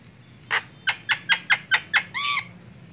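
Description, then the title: Javan myna calls: seven short, harsh, rasping notes in quick succession, ending with one longer buzzy note. Very loud, noisy song used as a tutor recording for training other birds. "Jalak Kebo Master Suara Super Berisik Buat Masteran"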